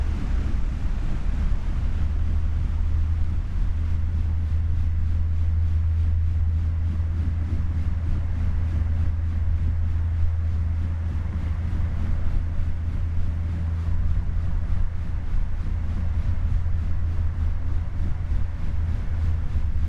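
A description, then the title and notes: A big fan spins steadily, its deep low hum dominating with a strong droning band at the bottom and a constant whooshing rush of air above it. The sound stays even throughout, with faint rapid pulsing from the blades and no distinct events. Big Fan Spinning.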